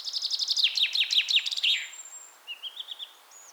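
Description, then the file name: Common chaffinch song already underway: rapid repeated notes tumbling down the scale to a brief flourish, followed by a soft series of quiet rising whistles. "Fringilla coelebs"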